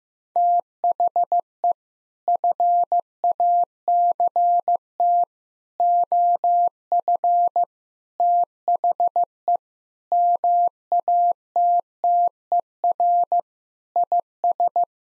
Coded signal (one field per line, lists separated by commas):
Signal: Morse code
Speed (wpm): 15 wpm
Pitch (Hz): 700 Hz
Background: none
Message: THE FACT OF THE MATTER IS